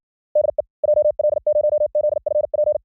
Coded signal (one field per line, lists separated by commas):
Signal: Morse code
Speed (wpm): 56 wpm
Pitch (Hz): 630 Hz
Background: none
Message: DE JL0ZFP